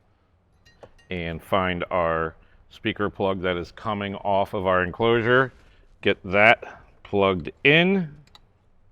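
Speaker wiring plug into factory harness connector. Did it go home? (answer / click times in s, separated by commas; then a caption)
no / none. Someone talks while handling the front left speaker plug coming off the soundbar enclosure of an MB Quart Stage 6 tuned speaker system, bringing it toward the factory plastic harness connector in a 2018–2023 Jeep JL Wrangler/JT Gladiator. Faint handling ticks sound around 0.8 s and 1.0 s, and a brief sharp tick at 8.4 s. The plug has not clicked or seated yet.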